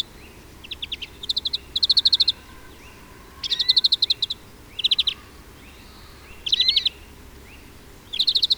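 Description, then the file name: European greenfinch uttering repeated rattling trills and chirps in irregular bursts, with faint sliding notes between them. "Chloris chloris"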